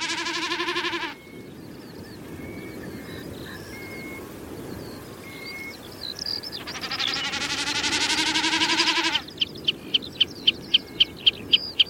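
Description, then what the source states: Common snipe drumming, two bursts of throbbing, bleating hum, followed by a row of sharp, evenly spaced ticking calls; faint thin whistles in between. Common snipe drumming or giving chippering calls from the ground before spring dawn on English upland heather moors.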